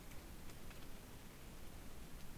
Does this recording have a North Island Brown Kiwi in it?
no